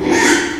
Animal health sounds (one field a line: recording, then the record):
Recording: squeal of a Yucatan mini pig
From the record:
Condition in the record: after surgery on the right vocal fold (resection and tissue-engineered implant)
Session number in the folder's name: 4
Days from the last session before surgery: 42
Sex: male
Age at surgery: 12 weeks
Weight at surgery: 13 kg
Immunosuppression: cyclosporine, prednisolone